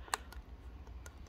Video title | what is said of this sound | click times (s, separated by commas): How To Use Momcozy M5: Complete Guide including Assembly and Tips | of the breast shield and the collection cup and you can hear it clicking in | 0.1 s, 1.1 s